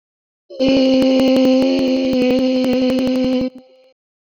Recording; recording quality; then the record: sustained vowel as in made; moderate, slight background noise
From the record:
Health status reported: exposed to COVID-19, no respiratory illness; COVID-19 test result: negative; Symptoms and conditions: loss of smell and taste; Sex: female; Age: 30 years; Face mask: not worn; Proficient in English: yes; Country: India